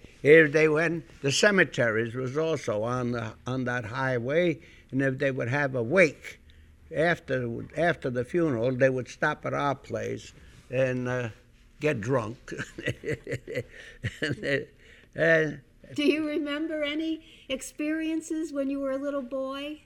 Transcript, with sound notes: They went, the cemetery was also on that highway, and if they would have a wake after the funeral they would stop at our place and get drunk. ( he laughs )
Do you remember any experiences when you were a little boy?